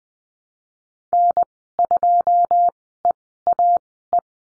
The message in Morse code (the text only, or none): N2EAE